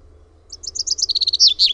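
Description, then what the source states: Common chaffinch song: a fast run of clear notes stepping down slightly in pitch, then louder flourish notes. Recorded in Finland.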